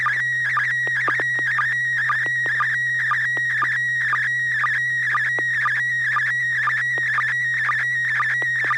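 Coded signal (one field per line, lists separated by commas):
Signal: SSTV (slow-scan television)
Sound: steady warbling high tone with quick chirpy blips about twice a second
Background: low steady hum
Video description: The River City ARCS SSTV Net is held Wednesday evenings at 9:00 PM Pacific Time on the N6NA FM repeater on 441.300 MHz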